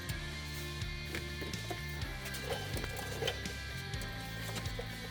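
A used front suspension component on a GMC Sierra pickup truck's front end sits too low in its mount and is being raised with a jack and a piece of 2x4. Music plays throughout, with brief knocks around 1.2 s and 3.3 s. Nothing has seated or clicked yet.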